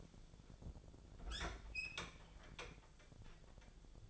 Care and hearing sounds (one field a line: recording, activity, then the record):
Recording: daily activity, microphone in the room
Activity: open fridge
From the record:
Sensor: 5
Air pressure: 1000.2 hPa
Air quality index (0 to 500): 102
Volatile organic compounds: 1 ppm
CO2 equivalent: 824 ppm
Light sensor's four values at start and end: 240/569/243/267 and 242/574/246/270